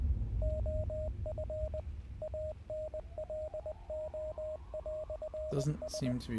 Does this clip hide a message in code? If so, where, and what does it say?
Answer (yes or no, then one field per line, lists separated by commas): yes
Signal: Morse code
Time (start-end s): 0.4-6.1 s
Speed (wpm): 20 wpm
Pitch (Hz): 620 Hz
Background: speech, radio noise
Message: OF ANLO"S